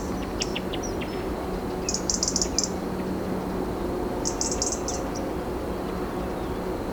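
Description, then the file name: European robin calls: a few scattered thin notes, then two rapid runs of high ticks a couple of seconds apart, over steady background noise. "Erithacus rubecula"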